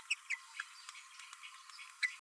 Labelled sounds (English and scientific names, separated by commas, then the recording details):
Green-rumped Parrotlet (Forpus passerinus) babbling
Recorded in a nest box in Venezuela
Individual 18B12A1